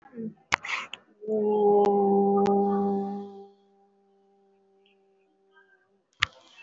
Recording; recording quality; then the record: sustained vowel as in boot; excellent, no background noise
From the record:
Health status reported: respiratory illness, not identified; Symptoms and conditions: breathing difficulty, another respiratory illness, hypertension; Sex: female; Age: 61 years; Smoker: no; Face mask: worn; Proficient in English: no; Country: India